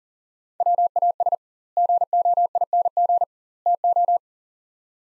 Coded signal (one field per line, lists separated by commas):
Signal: Morse code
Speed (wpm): 40 wpm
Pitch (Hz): 700 Hz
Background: none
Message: WAS GOING TO